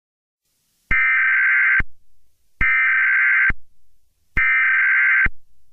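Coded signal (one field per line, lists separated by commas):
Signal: Emergency Alert System (SAME) tones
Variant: header bursts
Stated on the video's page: Fictional EAS scenario, not a real alert.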